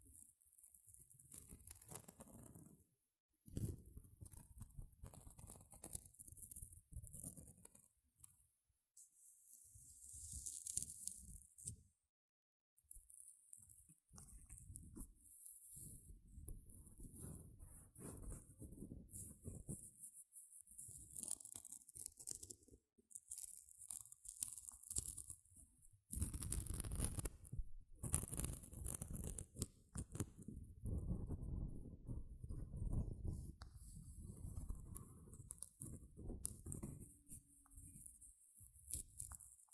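Gentle scratching and crunchy rustling sounds close to the microphone, coming in irregular bursts with short pauses, including a near-silent gap around 12 seconds. The textures are soft and crisp, with a faint high hiss running throughout and fuller, denser passages after about 26 seconds.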